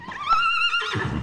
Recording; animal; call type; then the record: contact call of a hoofed animal; horse; whinny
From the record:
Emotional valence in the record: negative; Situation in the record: separation from one group member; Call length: 1.23 s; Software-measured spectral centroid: 2240 Hz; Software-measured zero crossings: 3240 a second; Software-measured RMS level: -23 dBFS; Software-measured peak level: -8 dBFS